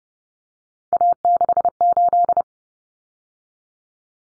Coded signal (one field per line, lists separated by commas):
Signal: Morse code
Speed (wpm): 30 wpm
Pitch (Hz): 700 Hz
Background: none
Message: A68